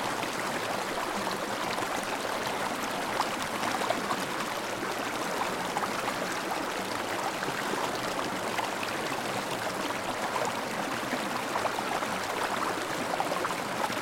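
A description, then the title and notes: A babbling mountain stream runs steady, a dense bright rush of water with tiny splashes and gurgles throughout. A babbling mountain stream.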